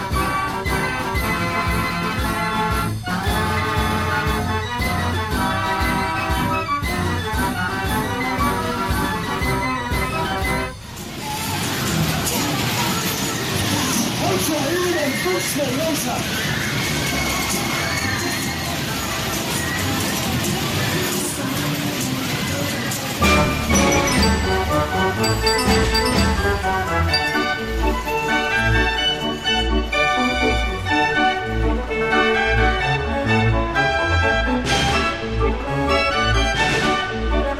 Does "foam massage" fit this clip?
no